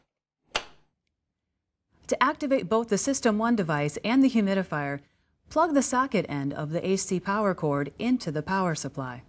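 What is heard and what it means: A refilled plastic water tank is slid back into a System One CPAP humidifier and the humidifier door is closed over it, giving one sharp click at 0.6 s as it seats. Someone then talks.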